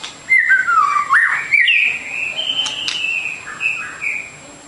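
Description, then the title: Bird song, a flowing whistled phrase that wavers low and then climbs into a sustained high whistle, with a few softer notes after it. Masteran training recording of bird song, complete version. "Kicau Burung Masteran Lengkap"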